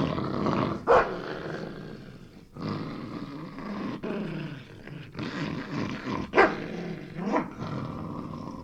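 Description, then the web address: Dog growling and snarling steadily, with sharp snapping barks at about one second, six and a half seconds and seven and a half seconds. Angry dog snapping and growling with a few barks. "Sound Effects-BBC Dog"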